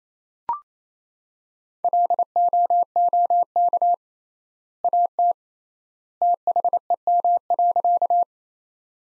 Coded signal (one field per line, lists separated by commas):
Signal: Morse code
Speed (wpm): 28 wpm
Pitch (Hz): 700 Hz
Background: none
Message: LOOK AT THEM.